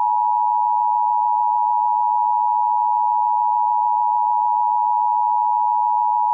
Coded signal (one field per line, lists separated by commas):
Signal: Emergency Alert System (SAME) tones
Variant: 853 and 960 Hz attention tone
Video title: Yellowstone Eruption [EAS SCENARIO]